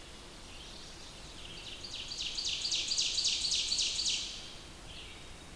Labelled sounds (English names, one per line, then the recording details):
Ovenbird song
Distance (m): 40 m
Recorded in boreal forest in Alberta, Canada, on 20 June 2016 at 06:14
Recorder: SongMeter 3, array SBT-6-81
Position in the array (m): 74 m, 101 m
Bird 23